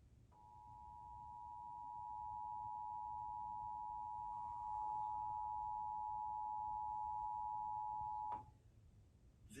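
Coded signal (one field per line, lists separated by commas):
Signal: Emergency Alert System (SAME) tones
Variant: 853 and 960 Hz attention tone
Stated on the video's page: National EAS test relayed on local TV stations.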